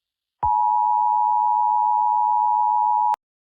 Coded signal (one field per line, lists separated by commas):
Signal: Emergency Alert System (SAME) tones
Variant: 853 and 960 Hz attention tone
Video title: EAS SCENARIO #3: the egg army.